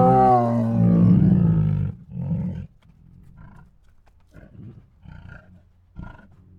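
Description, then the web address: Tiger groaning: a loud, deep, harmonic moan lasting about two seconds, then several softer short huffs and rumbles. Hungry tigers groaning, huffing, moaning and snoring. "Sound Ideas Tigers. Hungry Groans, Huffs, Moans and Snores"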